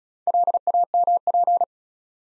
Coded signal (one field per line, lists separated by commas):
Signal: Morse code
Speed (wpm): 34 wpm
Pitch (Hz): 700 Hz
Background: none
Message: LAMP